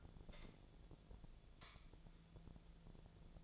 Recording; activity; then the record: daily activity, microphone in the room; light on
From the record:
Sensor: 5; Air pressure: 1009.9 hPa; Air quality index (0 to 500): 159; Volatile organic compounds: 4 ppm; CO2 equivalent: 1545 ppm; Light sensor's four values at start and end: 154/393/164/175 and 155/395/165/176